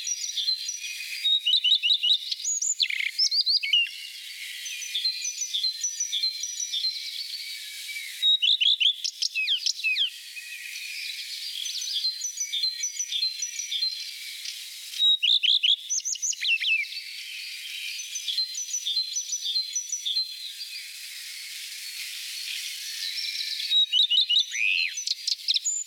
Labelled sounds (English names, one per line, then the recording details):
Common Redstart song
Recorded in the wild
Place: Oberrotweil am Kaiserstuhl, Baden-Württemberg, DE
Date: 1987-04-20
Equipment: Alparon-Reflektor
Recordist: Schwarz, Dieter
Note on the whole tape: Song